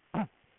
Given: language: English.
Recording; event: throat vibration sensor signal played as sound; throat clearing